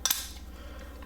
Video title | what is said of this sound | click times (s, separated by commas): Olight PL PRO Valkyrie Weapon Mount Light - Unboxing, Review, & Test - OLIGHT FLASH SALE | turn the light on but it snaps into place and then | 0.1 s